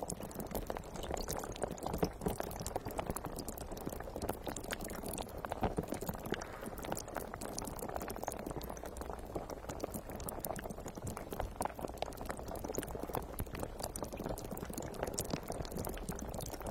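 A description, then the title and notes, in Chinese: Sparkling water fizzes steadily, a dense, unbroken crackle of tiny bubbles popping with a soft low gurgle underneath. 气泡水的声音。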